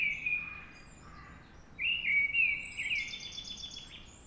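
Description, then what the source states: Mistle Thrush singing loud, clear fluted phrases with a pause between, followed by a higher, rapid trill. Singing at dawn.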